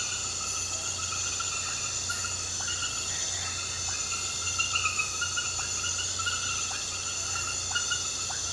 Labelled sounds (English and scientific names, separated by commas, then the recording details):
none
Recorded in pastures near Puerto Asís, Putumayo, Colombia, on 8 March 2025 at 22:00
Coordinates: 0.466, -76.322
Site CSA-02